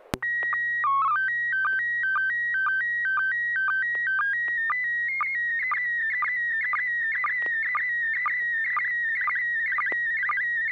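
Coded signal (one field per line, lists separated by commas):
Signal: SSTV (slow-scan television)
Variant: PD 120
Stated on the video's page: SSTV net images sent with MMSSTV over an FM repeater on 441.300 MHz in Sacramento, California.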